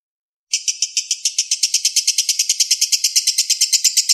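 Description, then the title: Oriental magpie-robin starting after a half-second of silence, then a quick, regular run of sharp repeated chattering notes that grows slightly louder. "Kicau Kacer Durasi Panjang 1jam Lebih"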